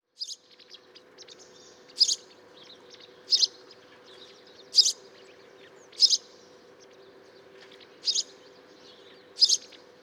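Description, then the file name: House sparrow giving sharp, high chirps repeated roughly every one to two seconds, over a steady low hum and faint background twittering. "Passer domesticus"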